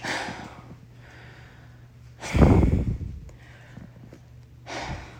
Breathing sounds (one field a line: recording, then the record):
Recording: deep breathing after running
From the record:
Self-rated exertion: light exertion (2 of 6)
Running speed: 6 miles an hour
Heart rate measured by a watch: 81 beats a minute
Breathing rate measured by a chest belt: 13 breaths a minute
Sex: female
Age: 51 years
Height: 165 cm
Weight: 51 kg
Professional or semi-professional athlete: no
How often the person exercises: 3 to 5 times a week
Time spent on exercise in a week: 3 to 4 hours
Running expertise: no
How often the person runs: 3 to 5 times a week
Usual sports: running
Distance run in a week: 25 miles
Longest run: 50 km